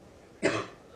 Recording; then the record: coughing mixed with background sound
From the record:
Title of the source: female coughing - coughing sound effects girl